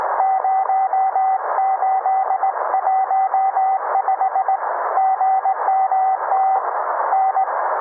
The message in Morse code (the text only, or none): 0815 GMT N